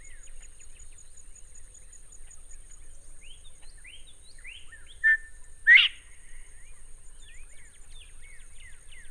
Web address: chant xeno-canto colin de virginie